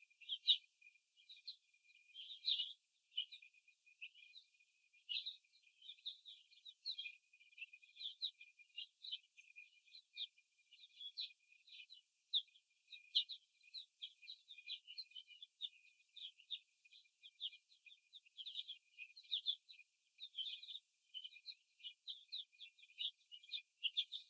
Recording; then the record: young laying hens in a cage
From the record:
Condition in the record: before the stressor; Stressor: simulated dog barking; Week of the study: 1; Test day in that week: 2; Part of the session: 2